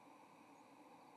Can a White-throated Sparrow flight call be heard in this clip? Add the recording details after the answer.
no. Another species' flight call is heard. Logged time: 08:44 on 30 October 2014